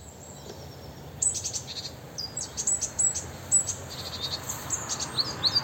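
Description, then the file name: Great tit calls: a rapid, irregular run of very high, thin chirps and ticks starting after a second of quiet and continuing to the end, over a low background hiss. "Parus major"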